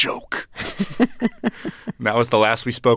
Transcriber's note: soundbite of laughter